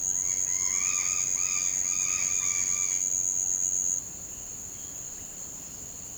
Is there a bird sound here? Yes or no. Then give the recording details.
yes. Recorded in pastures near Puerto Asís, Putumayo, Colombia, on 22 June 2025 at 09:00. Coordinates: 0.472, -76.331. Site G095